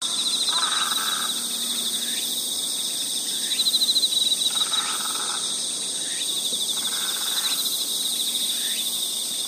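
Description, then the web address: Great egret giving several harsh, rasping croaks over a loud, steady chorus of buzzing insects. "izumino saunndo daisagi"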